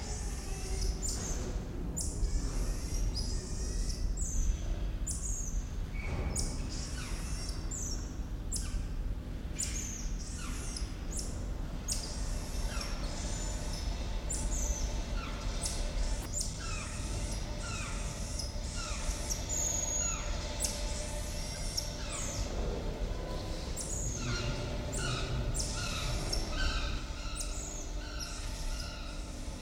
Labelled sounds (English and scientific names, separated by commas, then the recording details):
Guira Cuckoo (Guira guira) call
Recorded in captivity
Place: Zoo Berlin, Berlin, DE
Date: 1994-01-14 10:27
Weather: -1°C, heiter
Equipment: Marantz CP 430, Sennheiser ME 80, Kopie Uher Variocord 263
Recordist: Tembrock, Günter